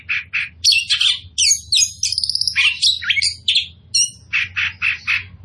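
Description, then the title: Oriental magpie-robin song, a loud run of varied whistles, buzzy trills and rapid chattering phrases between short repeated notes at start and end; low hum beneath. Described as in full, vigorous song. "Kacer Poci"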